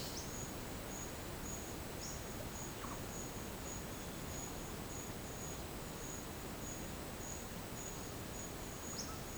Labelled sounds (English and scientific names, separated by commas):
none